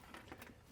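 A plastic wiring connector for the power frunk strut of a Hansshow Power Frunk V5 being installed in a Tesla Model Y is pushed into its mating plug on the wiring loom. Two short, sharp clicks sound at 0.1 s and 0.3 s, and the connector is seated.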